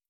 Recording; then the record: hydrophone in a shrimp aquaculture tank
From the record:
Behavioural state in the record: starved